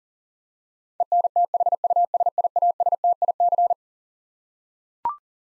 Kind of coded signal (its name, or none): Morse code